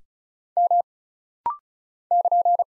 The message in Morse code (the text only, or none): M <KN>